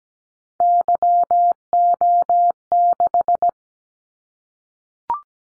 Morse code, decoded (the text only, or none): YO6